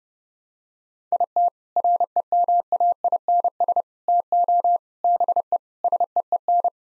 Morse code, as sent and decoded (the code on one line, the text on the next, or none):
.. - / .-. . -- .- .. -. ... / - --- / -... . / ... . . -.
IT REMAINS TO BE SEEN